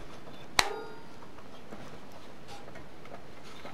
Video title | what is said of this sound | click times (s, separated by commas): Adding and formatting a hard drive, Windows XP | and it'll just snap right in place now | 0.6 s